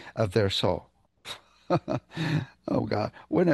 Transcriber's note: laughs